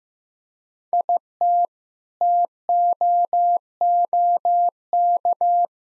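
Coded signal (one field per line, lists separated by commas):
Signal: Morse code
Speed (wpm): 15 wpm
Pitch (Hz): 700 Hz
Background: none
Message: IT TOOK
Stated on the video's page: Practice sentences containing common six-word phrases at 15 wpm, each sent twice in Morse around a spoken version.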